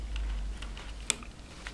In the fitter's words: Νομίζω ότι κούμπωσε.